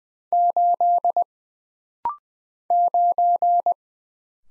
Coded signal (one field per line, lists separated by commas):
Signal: Morse code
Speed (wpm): 20 wpm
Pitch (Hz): 700 Hz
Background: none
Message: 8 9